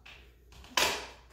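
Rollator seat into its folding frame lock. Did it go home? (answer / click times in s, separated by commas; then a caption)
yes / 0.8 s. The seat panels of a Comodita Tipo Stand Up Rollator are pushed down after the frame is spread apart, latching the seat into its folding frame lock to hold the frame open. Faint taps and shuffling lead up to a sharp, bright click at 0.8 s that rings out and fades, followed by a smaller knock near the end. The seat is seated and locked in the open position.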